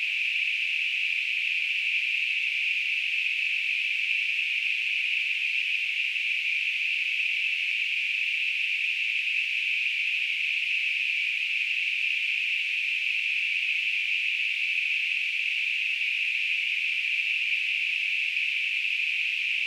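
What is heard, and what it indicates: Simulated tinnitus: a steady, continuous band of hissing noise centred around 2–3 kHz, unchanging in pitch and loudness throughout, with no low-frequency content.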